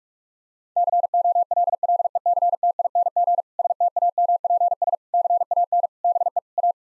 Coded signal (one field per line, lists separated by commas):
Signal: Morse code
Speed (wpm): 48 wpm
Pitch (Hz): 700 Hz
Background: none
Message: COLLECTING STAMPS CAN BE A